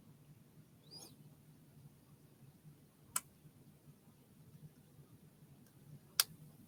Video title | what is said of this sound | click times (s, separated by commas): Designing and Dapping with Discs: Earrings or Pendant Project | way there's that nice click | 6.2 s